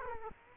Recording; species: mosquito wingbeat signal from an infrared sensor; Culex quinquefasciatus